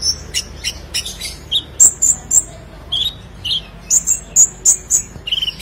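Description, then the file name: Sunbird song: sharp high chirps and thin whistles, some downslurred, given in quick irregular series. "Kolibri Lebah"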